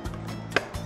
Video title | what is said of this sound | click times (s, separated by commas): BOSCH MAXXIMUM PASTA with Vivien Tan | Pudge it in do you hear a click | 0.6 s